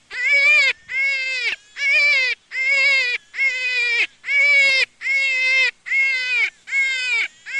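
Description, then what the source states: Jackrabbit wails: steady harmonic cries, each lasting most of a second, repeated with short breaks. Juvenile.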